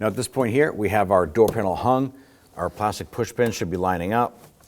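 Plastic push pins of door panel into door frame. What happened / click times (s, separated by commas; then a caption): Handled, not yet home: no seating snap of the panel push pins / none. A man talks while the door panel of a 2008-2011 Ford Focus hangs on the door during a front left door handle replacement, with its plastic push pins lining up with the door frame. His speech briefly pauses into near silence around 2.1 to 2.6 seconds, and no thumps are heard. Nothing has seated or clicked yet, and the push pins have not snapped in.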